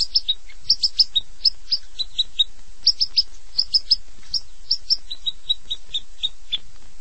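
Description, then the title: Long-tailed shrike song of short, sharp, high chirps, mostly in pairs and triplets, with quick downslurred notes repeated throughout. "Kicau Burung Pentet"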